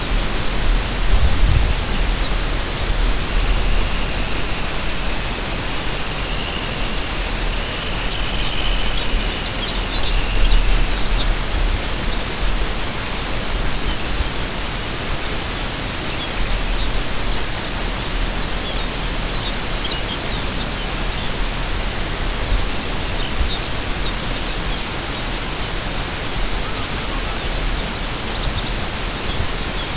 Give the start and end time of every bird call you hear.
1.86s-2.96s: Lapland Longspur (Calcarius lapponicus)
3.15s-11.38s: Dunlin (Calidris alpina)
7.95s-11.45s: Lapland Longspur (Calcarius lapponicus)
12.01s-12.29s: Lapland Longspur (Calcarius lapponicus)
13.78s-14.04s: Lapland Longspur (Calcarius lapponicus)
16.05s-17.45s: Lapland Longspur (Calcarius lapponicus)
17.84s-21.39s: Lapland Longspur (Calcarius lapponicus)
22.43s-25.73s: Lapland Longspur (Calcarius lapponicus)
26.59s-27.41s: Long-tailed Duck (Clangula hyemalis)
27.27s-27.84s: Lapland Longspur (Calcarius lapponicus)
28.30s-28.77s: Lapland Longspur (Calcarius lapponicus)
29.11s-29.41s: Lapland Longspur (Calcarius lapponicus)
29.71s-29.88s: Lapland Longspur (Calcarius lapponicus)

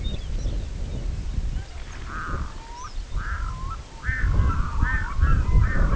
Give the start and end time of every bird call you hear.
0.01s-1.02s: Lapland Longspur (Calcarius lapponicus)
1.35s-3.27s: Lapland Longspur (Calcarius lapponicus)
1.38s-5.96s: Red-throated Loon (Gavia stellata)

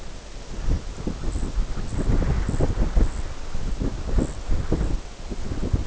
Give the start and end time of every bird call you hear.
0.58s-3.45s: White-rumped Sandpiper (Calidris fuscicollis)
3.89s-5.16s: White-rumped Sandpiper (Calidris fuscicollis)

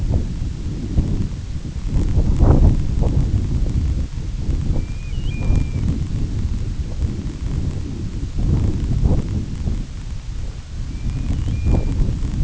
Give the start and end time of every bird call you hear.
4.68s-5.88s: Grey Plover (Pluvialis squatarola)
10.85s-11.95s: Grey Plover (Pluvialis squatarola)

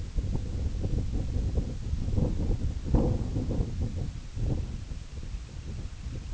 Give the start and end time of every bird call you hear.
4.05s-6.34s: Semipalmated Sandpiper (Calidris pusilla)

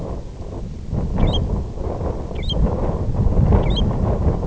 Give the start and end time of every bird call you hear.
0.81s-4.46s: American Golden-plover (Pluvialis dominica)

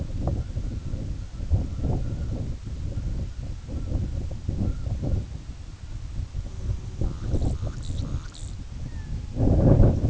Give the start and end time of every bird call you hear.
0.19s-5.27s: Red-throated Loon (Gavia stellata)
6.39s-8.64s: White-rumped Sandpiper (Calidris fuscicollis)
8.75s-9.62s: Red-throated Loon (Gavia stellata)

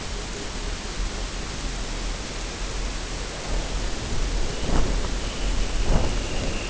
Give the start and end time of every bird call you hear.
0.00s-1.70s: Pectoral Sandpiper (Calidris melanotos)
4.44s-6.70s: Dunlin (Calidris alpina)

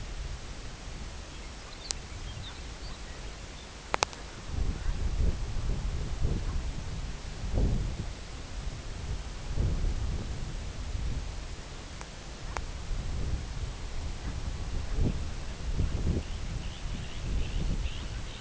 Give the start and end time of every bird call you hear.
1.32s-3.74s: Lapland Longspur (Calcarius lapponicus)
2.28s-2.64s: Brent Goose (Branta bernicla)
4.63s-5.02s: Brent Goose (Branta bernicla)
6.32s-6.60s: Brent Goose (Branta bernicla)
12.39s-12.65s: Brent Goose (Branta bernicla)
14.13s-14.39s: Brent Goose (Branta bernicla)
14.85s-15.17s: Brent Goose (Branta bernicla)
15.79s-16.05s: Brent Goose (Branta bernicla)
16.06s-18.39s: Arctic Tern (Sterna paradisaea)

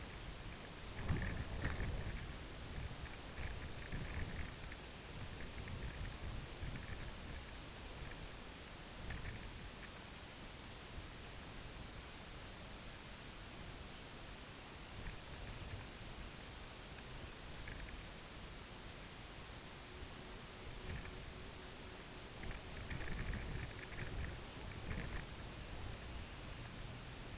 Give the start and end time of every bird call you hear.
19.62s-22.88s: Pectoral Sandpiper (Calidris melanotos)

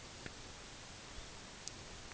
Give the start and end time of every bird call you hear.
0.96s-1.36s: Long-billed Dowitcher (Limnodromus scolopaceus)

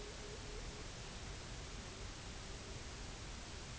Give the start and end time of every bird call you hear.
0.00s-3.71s: Pectoral Sandpiper (Calidris melanotos)

